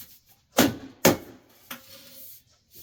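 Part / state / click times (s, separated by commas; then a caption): stove pipe seam edge into the mating seam groove / partly seated / 1.1 s. A sheet-metal stove pipe seam edge is pressed into its mating seam groove, with sharp metallic snaps at about 0.6 s, 1.1 s and 1.7 s. The seam clicks at 1.1 s but is only partly seated, not all the way in.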